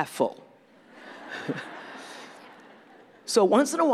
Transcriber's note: laughter